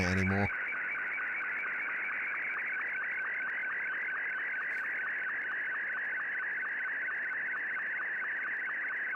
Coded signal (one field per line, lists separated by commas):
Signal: SSTV (slow-scan television)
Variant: Martin 2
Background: speech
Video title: Scanning the airwaves with the SDR